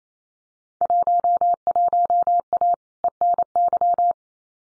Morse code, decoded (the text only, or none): 11A ENY